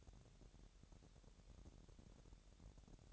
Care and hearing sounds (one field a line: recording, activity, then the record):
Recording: daily activity, microphone in the room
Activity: place on stove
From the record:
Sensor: 3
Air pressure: 1012.0 hPa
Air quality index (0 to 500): 214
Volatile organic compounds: 4 ppm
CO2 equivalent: 1595 ppm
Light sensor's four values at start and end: 94/224/92/82 and 94/223/92/82